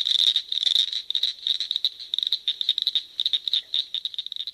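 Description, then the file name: Frogs and toads: high, rapid pulsed frog trilling, loudest at the start and then broken into shorter stuttering runs. "Frogs and Toads (Wild America)"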